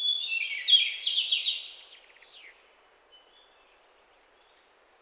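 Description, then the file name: European robin song, a bright high warbled phrase falling into quick trilled notes, followed by near silence with a few faint chirps. "Erithacus rubecula"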